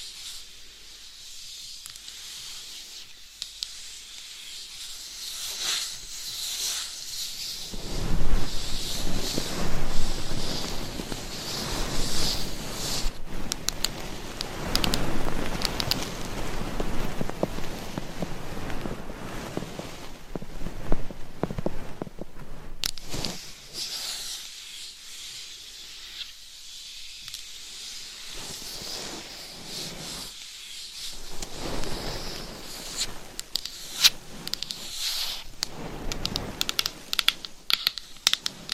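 Scratching and tapping with nails on various items, soft crackly rustles building into a dense, busy stretch midway, then sparser taps and scrapes.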